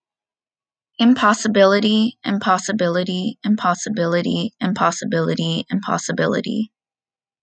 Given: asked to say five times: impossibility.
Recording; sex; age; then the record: repeated word; female; 20 to 29 years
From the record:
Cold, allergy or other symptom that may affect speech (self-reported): no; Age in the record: 22 years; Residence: United Kingdom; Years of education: 16